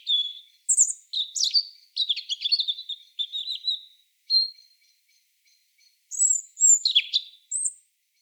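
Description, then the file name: European robin song opening with a steady whistle and a run of fluttering trilled notes, followed by a pause, then a few sharp high phrases. "Erithacus rubecula"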